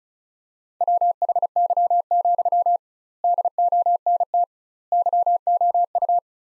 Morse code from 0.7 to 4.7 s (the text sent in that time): WHY, DONT